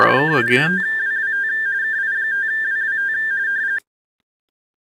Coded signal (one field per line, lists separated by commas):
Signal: RTTY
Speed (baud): 45.45 baud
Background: speech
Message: KI5WWT KI5WWT